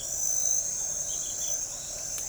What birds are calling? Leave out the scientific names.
none